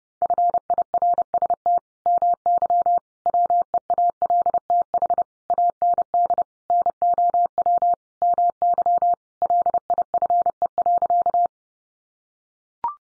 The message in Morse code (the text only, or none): FIRST MY WEALTH AND NOW MY LIFE.